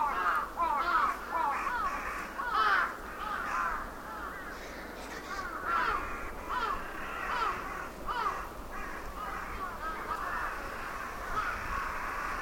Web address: Sound Effects-Foundation AMBIENCE SANNOHE CROWS ROOSTING SUMMER EVENING